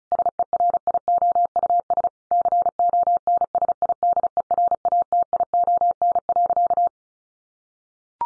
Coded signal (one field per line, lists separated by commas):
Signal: Morse code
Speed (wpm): 34 wpm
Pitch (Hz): 700 Hz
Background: none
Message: SERIOUS CONSIDERATION.